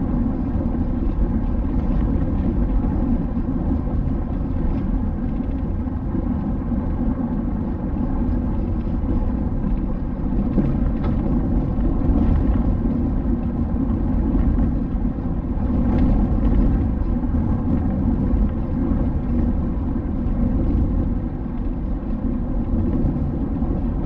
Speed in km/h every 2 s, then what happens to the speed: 83, 82, 83, 82, 79, 80, 81, 82, 83, 83, 82, 82.
0-24 steady at about 82.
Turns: none.